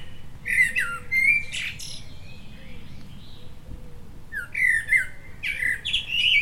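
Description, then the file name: Common blackbird giving loud, squawking, chattering notes in two clusters, in the first two seconds and the last two seconds, with a faint steady hum underneath. "Turdus merula"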